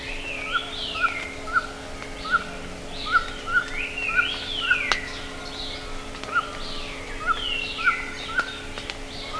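Birds calling: sharp chips repeated many times, with sweeping slurred whistles that rise and fall, against a steady low hum.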